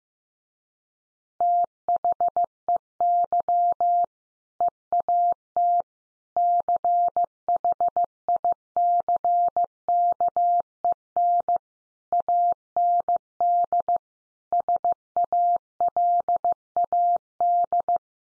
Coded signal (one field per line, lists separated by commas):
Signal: Morse code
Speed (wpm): 15 wpm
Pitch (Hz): 700 Hz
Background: none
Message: THEY EAT CHICKEN AND SALAD